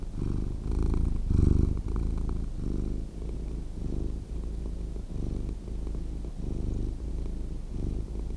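Purring cat, a buzzy low drone broken into short surges, some louder near the start, continuing evenly to the end.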